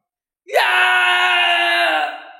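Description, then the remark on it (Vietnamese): A single loud, sustained scream of terror bursts in after a brief silence, rising sharply then holding a harsh, tonal wail for about two seconds before trailing off; the screams come from a figure sucked inside and screaming out of fear. “Đó chính là một vị tôn giả, thế mà cứ vậy bị cuốn vào bên trong, mọi người không còn nhìn thấy bóng dáng của Ma Chu đâu nữa, thay vào đó chỉ là những tiếng gào thét truyền ra ngoài.”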